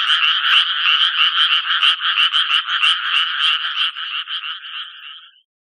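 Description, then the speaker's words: Japanese tree frog giving quick raspy croaks in a regular series that weakens and fades out near the end. Frogs begin calling when rain seems about to fall or when it turns cool in the evening; their skin reacts subtly to humidity. "雨が降り出しそうなときや夕方になって涼しくなりますと、カエルは鳴き始めるわけですね。"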